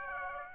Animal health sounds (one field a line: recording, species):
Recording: mosquito wingbeat signal from an infrared sensor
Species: Aedes aegypti